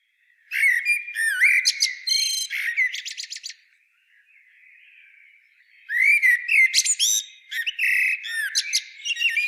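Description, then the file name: Common blackbird song: rich whistled warbles and rapid high chattering notes, a soft pause, then a second lively fluted phrase with squeaks. "Turdus merula"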